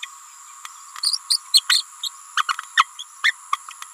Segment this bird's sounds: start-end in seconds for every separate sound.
0.02-0.07, 1.02-1.18, 1.29-1.40, 1.53-1.64, 1.69-1.83, 2.03-2.10, 2.36-2.43, 2.48-2.56, 2.76-2.87, 2.98-3.04, 3.23-3.33